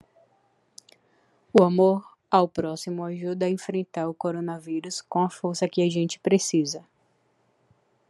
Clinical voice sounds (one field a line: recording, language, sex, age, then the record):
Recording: spoken sentence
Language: Brazilian Portuguese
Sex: female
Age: 20 to 29 years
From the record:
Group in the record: control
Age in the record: 23 years